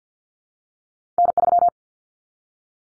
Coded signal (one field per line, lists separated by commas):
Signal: Morse code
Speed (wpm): 50 wpm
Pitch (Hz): 700 Hz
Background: none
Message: N3